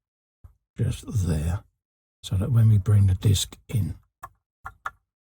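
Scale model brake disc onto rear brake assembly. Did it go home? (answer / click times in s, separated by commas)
yes / 4.9 s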